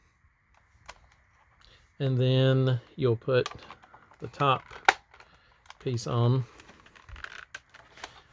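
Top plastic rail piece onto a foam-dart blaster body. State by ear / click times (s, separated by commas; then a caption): seated / 7.6 s. Someone talks while the top plastic rail piece of a CNW MasterKey kit is pressed onto the body of a Stryfle foam-dart blaster, with small plastic clicks and taps around the speech. A sharp snap at about 7.6 seconds marks the piece seating into place.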